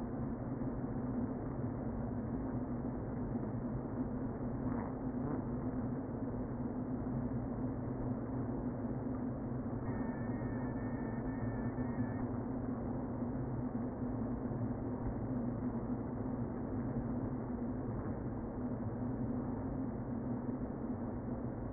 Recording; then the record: honeybee colony, microphone inside the hive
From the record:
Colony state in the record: queen present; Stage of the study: before two queens were removed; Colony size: about 60,000 bees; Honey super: yes